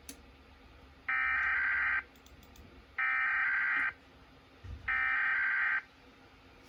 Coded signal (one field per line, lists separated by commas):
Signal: Emergency Alert System (SAME) tones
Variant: header bursts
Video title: EAS 852 - IL Monthly